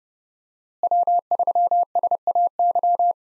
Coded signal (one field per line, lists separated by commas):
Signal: Morse code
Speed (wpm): 32 wpm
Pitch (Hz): 700 Hz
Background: none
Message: W3SAY